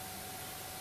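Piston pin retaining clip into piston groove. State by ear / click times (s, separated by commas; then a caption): not seated / none. A metal piston pin retaining clip (circlip) is being pressed with a tool into the groove of the piston boss, heard as a steady broadband hiss with a faint tone around 700 Hz and no distinct impacts. Nothing has seated or clicked yet in this clip.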